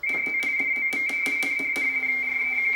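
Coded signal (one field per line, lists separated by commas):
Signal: RTTY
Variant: Baudot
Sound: steady warbling two-tone teletype chatter, with a series of sharp mechanical clicks at first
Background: mechanical clicking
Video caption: And my goal here was to make it compatible with radio teletype, which is well known from ham radio operators, and it sounds like this. [RTTY Baudot tones]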